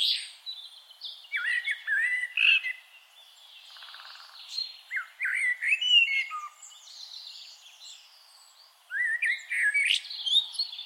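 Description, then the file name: Common blackbird song: three phrases of mellow whistled notes mixed with higher, squeaky twitters, with pauses between them. "Turdus merula"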